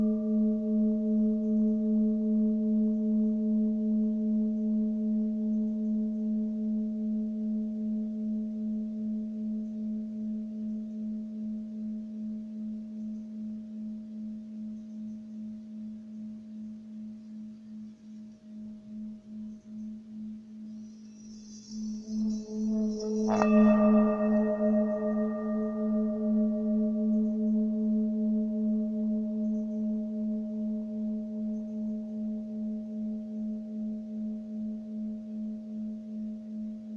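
A Tibetan bell hums a low, steady tone with a slow pulsing waver, fading gradually over the first twenty seconds. A faint high jingle comes in, then at about 23 seconds the bell is struck again, ringing out brighter and louder before slowly dying away.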